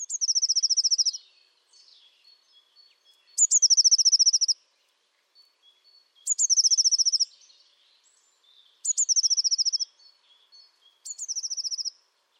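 Bird gives five high trills of rapid, evenly spaced notes, each about a second long, with quiet chips in the pauses.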